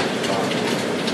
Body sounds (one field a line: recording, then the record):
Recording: background sound without coughing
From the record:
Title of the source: Office Sounds Ambience - Background Noise for Study and Work